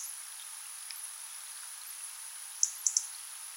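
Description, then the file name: European robin tick calls, three crisp high clicks in quick succession toward the end, after near silence with faint hiss. "Erithacus rubecula"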